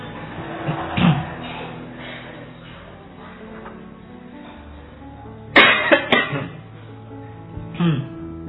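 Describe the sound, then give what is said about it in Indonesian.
Scattered coughs from a crowd: one at the start, a loud cluster of several overlapping coughs in the middle, and another near the end, over a low murmur of background noise. “Ayo lomba batuk.”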